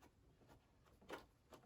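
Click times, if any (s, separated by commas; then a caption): none. The top retaining pin of a motorcycle helmet liner is handled and lined up with its hole in the helmet shell/liner, making soft rubbing and shuffling noises with brief louder rustles near 1.1 s and 1.5 s. Nothing has seated or clicked yet; the clip ends just before the pin snaps home.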